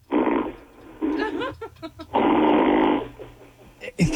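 Two loud, rough, fluttering snores, each just under a second long and about two seconds apart, with a brief voiced, groaning sound between them. The snoring has a revving, purr-like rattle on each breath, like a car getting revved or a kitten purring, and also suggests wind or flatulence.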